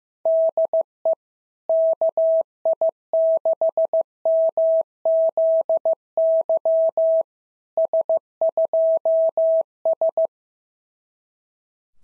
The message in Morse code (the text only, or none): DE KI6MZY S2S